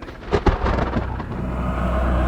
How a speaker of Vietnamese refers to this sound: Dạ xoa Tỳ Cung Thiên gào lên một tiếng thấu trời, được phụ họa bởi những trận sấm chớp vô hồi tận.